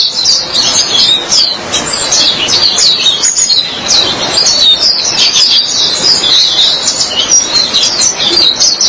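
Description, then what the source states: White-eye song: busy high twitters and short trills, running continuously with small gaps, over a soft hiss. Chirping song.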